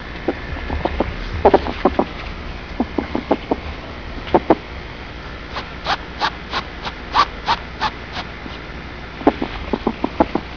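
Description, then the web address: Ferret making soft, short clucking and huffing sounds, in irregular bursts with brief pauses, over faint background noise. "ferrets Sounds Cassie"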